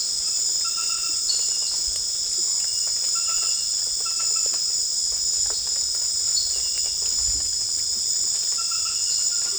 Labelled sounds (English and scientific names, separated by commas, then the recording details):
none
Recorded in secondary vegetation near Puerto Asís, Putumayo, Colombia, on 13 March 2025 at 23:30
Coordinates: 0.488, -76.319
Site G095